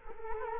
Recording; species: mosquito wingbeat signal from an infrared sensor; Culex quinquefasciatus